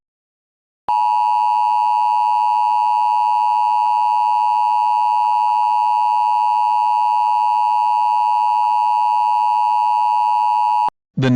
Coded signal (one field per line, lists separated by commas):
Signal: Emergency Alert System (SAME) tones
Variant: 853 and 960 Hz attention tone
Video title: old eas scenario